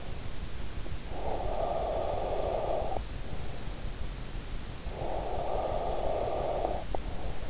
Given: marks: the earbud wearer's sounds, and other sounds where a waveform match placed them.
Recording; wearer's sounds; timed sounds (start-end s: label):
sounds in sleep by an in-ear microphone; breath
1.03-3.24 s: breath
4.76-7.50 s: breath